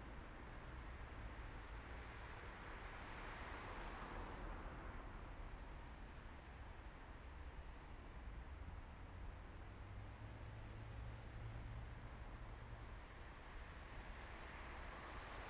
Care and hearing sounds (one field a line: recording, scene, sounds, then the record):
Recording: everyday scene through a hearing-aid microphone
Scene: in traffic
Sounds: traffic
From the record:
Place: main city hub, rush hour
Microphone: behind the ear, right, rear